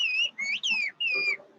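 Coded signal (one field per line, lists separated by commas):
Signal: whistled language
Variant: Turkish kuş dili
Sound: a clear gliding whistle in four quick phrases, rising and falling in pitch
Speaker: But Marx's whistling is still going strong.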